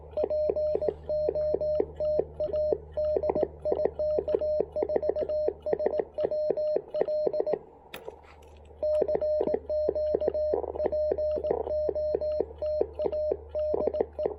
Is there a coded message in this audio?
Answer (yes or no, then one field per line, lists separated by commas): yes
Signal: Morse code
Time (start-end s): 0.2-14.2 s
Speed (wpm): 18 wpm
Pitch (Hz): 610 Hz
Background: radio noise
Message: POTA DI K4SWL CQ POTA DE